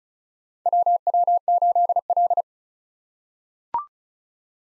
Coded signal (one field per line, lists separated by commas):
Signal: Morse code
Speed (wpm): 34 wpm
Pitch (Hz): 700 Hz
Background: none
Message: WW8L